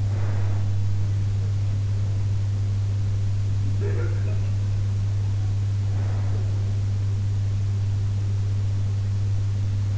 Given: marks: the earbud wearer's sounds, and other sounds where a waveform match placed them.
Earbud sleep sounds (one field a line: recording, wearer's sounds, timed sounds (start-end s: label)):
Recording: sounds in sleep by an in-ear microphone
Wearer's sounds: breath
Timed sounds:
0.00-1.27 s: breath
3.30-4.70 s: sound from someone else or the room